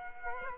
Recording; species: mosquito wingbeat signal from an infrared sensor; Culex quinquefasciatus